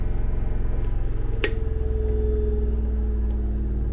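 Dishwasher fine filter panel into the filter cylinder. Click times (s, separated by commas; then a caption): 1.4 s. The tabs of a Bosch dishwasher's flat fine filter panel are pushed through the openings in the filter cylinder during reassembly, over a steady low hum. One sharp pop sounds at 1.4 s as the tabs go through, and both sides end up seated.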